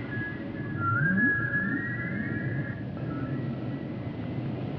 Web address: humpback whale song